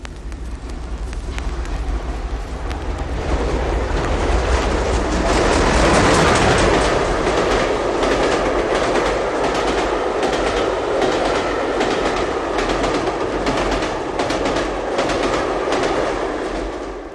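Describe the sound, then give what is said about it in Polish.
A train rumbles steadily along the rails, its wheels beating out a repeated clickety-clack over a loud, broad roar that swells midway and stays strong throughout. “Trochę tu orkiestrowej muzyki, ale wszystko zaczyna się od pociągów.”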